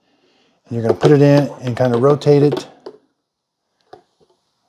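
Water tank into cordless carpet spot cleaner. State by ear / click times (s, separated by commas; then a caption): not seated / none. Someone talks while the plastic water tank of a Bissell Pet Stain Eraser PowerBrush 2837 cordless carpet spot cleaner, the model with the roller brush, is put in and rotated. Faint handling taps follow at about 2.9, 3.8 and 3.9 seconds. The tank has not yet snapped into place, and nothing has seated or clicked.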